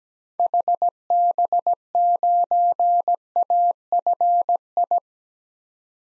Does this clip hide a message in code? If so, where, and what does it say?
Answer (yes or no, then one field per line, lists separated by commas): yes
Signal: Morse code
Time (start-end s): 0.4-5.0 s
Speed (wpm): 17 wpm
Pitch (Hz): 700 Hz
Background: none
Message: HB9AFI